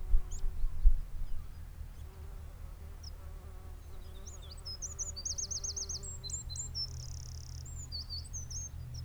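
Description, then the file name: Eurasian wren song: a high, rapid run of twittering notes and a quick buzzy trill, over a steady low rumble of background noise. "Troglodytes troglodytes"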